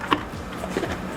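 A new gas tailgate lift strut's lower end socket is pushed onto the ball joint stud on the body of a 2005–2010 Honda Odyssey van. A single sharp snap at 0.1 s shows the socket clicking into place, and it is seated, followed by a quiet low rustle.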